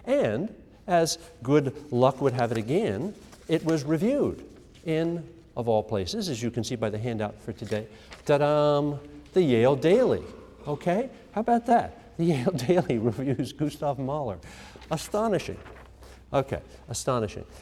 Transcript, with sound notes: And, as good luck would have it again, the concert was reviewed in of all places, as you can see by the handout for today, The Yale Daily. Okay? How about that? The Yale Daily [laughs] reviews Gustav Mahler, astonishing. Okay, astonishing.